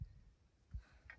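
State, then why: Not seated. A metal drive shaft coupler (universal joint) is handled while being fitted onto the drive shaft of a pivot irrigation gearbox. Dull low thumps at the start and around 0.8 s are followed by brief brighter taps near the end. Nothing has seated or clicked into place yet.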